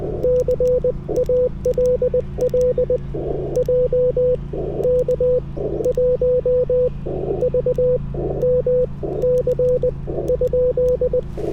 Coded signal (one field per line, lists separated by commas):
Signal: Morse code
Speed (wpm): 20 wpm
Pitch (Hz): 470 Hz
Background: radio noise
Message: CALL JK1VMC ?